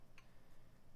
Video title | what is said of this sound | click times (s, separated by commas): Full Novelkeys NK65 Build Stream! | It's just so much easier to just go back a little bit, just a tiny little bit, and then you'll hear it pop and | 0.2 s